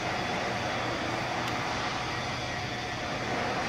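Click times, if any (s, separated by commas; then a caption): none. A fuel injector nozzle is handled and moved toward its injector mount while a steady, broadband engine-like hum with a faint tonal band holds at an even level throughout. The nozzle has not seated or clicked into place yet by the end.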